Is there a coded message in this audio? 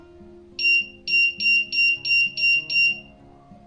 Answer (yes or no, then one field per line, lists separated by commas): no